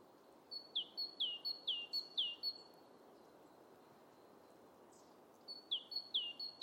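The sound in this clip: Great tit repeating a bright two-note phrase five times, pausing, then starting again, against a steady low hiss.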